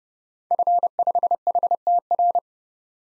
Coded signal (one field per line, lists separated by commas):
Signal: Morse code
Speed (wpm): 30 wpm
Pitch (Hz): 700 Hz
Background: none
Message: F5HTR